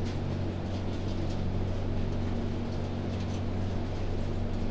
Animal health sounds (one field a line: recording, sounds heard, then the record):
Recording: poultry house recording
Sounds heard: no chicken sound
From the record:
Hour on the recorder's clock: 22